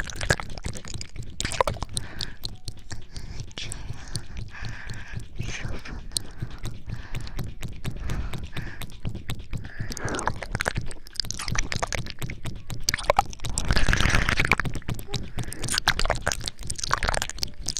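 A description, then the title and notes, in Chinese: Ear licking and mouth sounds: a steady run of wet clicks, smacks and soft slurping that continues without pause. The sounds are dense and irregular, with a louder, fuller stretch of wet licking around thirteen to fifteen seconds before settling back. 舔耳+口腔音。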